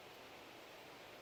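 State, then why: Not seated. A plastic inline water filter is handled at the quick-connect on a Geigerrig hydration bladder's drink tube. Only steady, broadband hiss is heard throughout, with no distinct hits. Nothing has seated or clicked yet.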